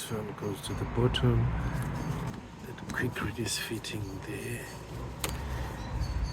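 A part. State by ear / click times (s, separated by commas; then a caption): seated / 5.2 s. Someone talks while pushing a plastic quick-release coolant hose coupling onto its fitting next to the throttle body during intake manifold reinstallation on an Audi/VW/Skoda TFSI engine. A sharp snap is heard at 5.2 s, and the coupling is seated, with the audible snap confirming it is on.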